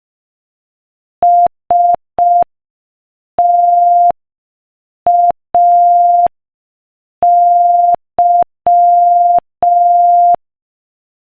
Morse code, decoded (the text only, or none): STAY